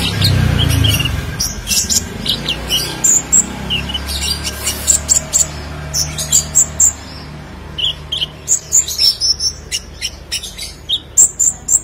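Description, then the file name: Sunbird song: a long run of high sharp chirps and whistles over faint low noise. "Kolibri Lebah"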